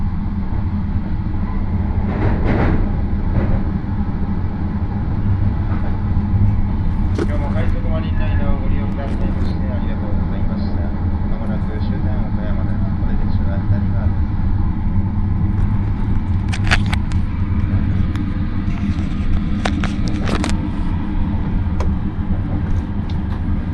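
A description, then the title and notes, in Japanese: Onboard the Marine Liner rapid train from Takamatsu to Okayama, a deep, steady rumble of the running train fills the whole clip at an even level. Brief clatters and faint voices surface now and then, notably around 2, 7–8, 17 and 20 seconds. 予讃線 快速マリンライナー40号 高松→岡山。5両編成ですが、1両はグリーン＋指定で実質は4両が自由席です。日も暮れてしまった。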